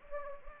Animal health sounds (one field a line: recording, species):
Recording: mosquito wingbeat signal from an infrared sensor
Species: Anopheles gambiae